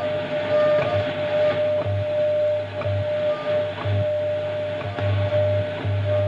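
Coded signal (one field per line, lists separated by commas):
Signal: radio time signal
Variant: WWVH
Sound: steady mid-pitched tone broken by a short tick each second, low hum underneath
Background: radio static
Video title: National Institute of Standards and Technology Time WWVH Hawaii 15 Mhz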